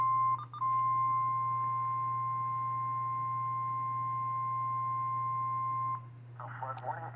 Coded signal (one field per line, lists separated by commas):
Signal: Emergency Alert System (SAME) tones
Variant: 1050 Hz attention tone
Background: speech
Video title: Morning Mischief... | EAS #208-214 (Severe Weather Alerts from 4/28/2023)